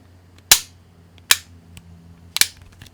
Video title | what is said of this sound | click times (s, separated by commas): SMDV Flip 32 G Review w/ Godox AD200 Pro | so you want four clicks | 0.5 s, 1.3 s, 2.4 s